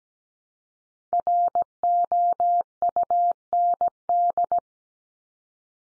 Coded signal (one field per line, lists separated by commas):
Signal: Morse code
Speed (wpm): 17 wpm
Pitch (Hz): 700 Hz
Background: none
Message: ROUND